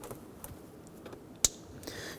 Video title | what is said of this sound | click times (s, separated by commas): How to Replace Upstream O2 Sensors 2006-2014 Honda Ridgeline 3.5L V6 | and push it together. You can hear it and feel it snap together. | 1.4 s